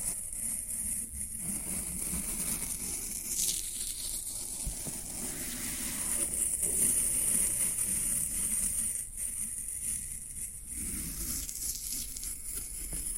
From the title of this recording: Floral Foam Sounds